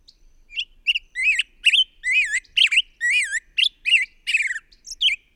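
Bird producing a lively series of scratchy, modulated squawks that rise and dip in pitch, delivered steadily about two or three each second.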